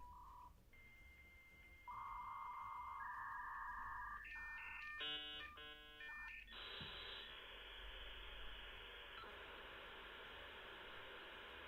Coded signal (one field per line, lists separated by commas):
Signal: dial-up modem handshake